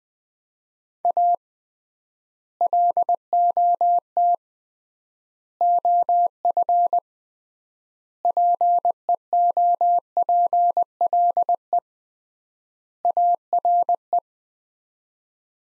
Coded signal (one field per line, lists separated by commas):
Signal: Morse code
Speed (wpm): 20 wpm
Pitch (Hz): 700 Hz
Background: none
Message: A LOT OF PEOPLE ARE